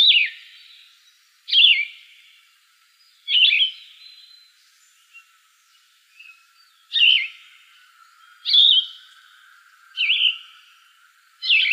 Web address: Shrikes Vireos YTVI. deviche